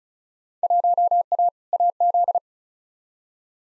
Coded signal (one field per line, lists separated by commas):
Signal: Morse code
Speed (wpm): 36 wpm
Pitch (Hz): 700 Hz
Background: none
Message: 1A AZ